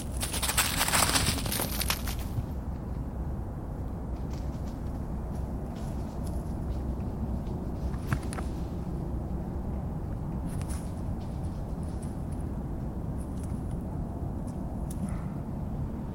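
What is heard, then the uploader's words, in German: Forest ambience near Regensburg: a steady low rumble throughout, a loud rushing burst in the first two seconds, then sparse, faint high chirps. Morgenrituale im Wald: Es brummt und summt, es raschelt und tiriliert. Nachtklänge, Morgenstimmung und Frühlingserwachen in einem Wald hinter Regensburg.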